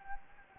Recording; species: mosquito wingbeat signal from an infrared sensor; Anopheles gambiae